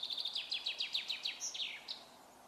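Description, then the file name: Common chaffinch song: a fast series of bright, descending, repeated notes, then a short flourish, followed by a brief high ending note. "Fringilla coelebs"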